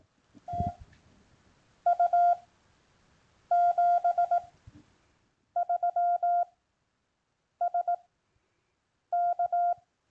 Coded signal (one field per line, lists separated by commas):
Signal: Morse code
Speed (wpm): 18 wpm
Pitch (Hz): 700 Hz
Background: none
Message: TU 73 SK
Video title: Your first CW QSO - Part2